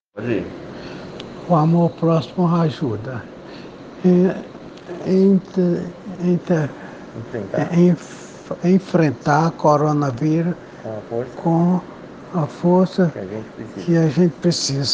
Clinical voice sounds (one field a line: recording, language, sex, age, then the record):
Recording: spoken sentence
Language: Brazilian Portuguese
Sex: male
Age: 70 to 79 years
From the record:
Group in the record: respiratory insufficiency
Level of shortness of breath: 5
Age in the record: 71 years